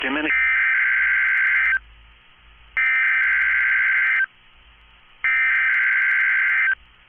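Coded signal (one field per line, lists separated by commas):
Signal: Emergency Alert System (SAME) tones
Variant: header bursts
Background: speech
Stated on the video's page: Weekly test from a National Weather Service office, recorded from a NOAA weather radio stream.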